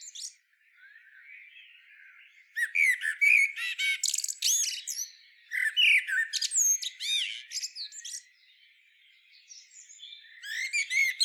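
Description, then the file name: Common blackbird sings rapid, jumbled phrases of whistled notes and sharp high squeaks, two dense bursts with a quieter scratchy passage before and after. "Turdus merula"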